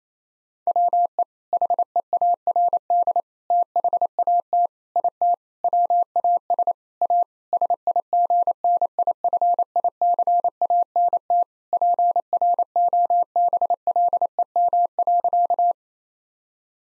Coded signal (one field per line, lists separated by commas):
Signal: Morse code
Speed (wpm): 27 wpm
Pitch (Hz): 700 Hz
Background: none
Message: WE HEARD THAT IT WAS A SIGNIFICANT PROBLEM.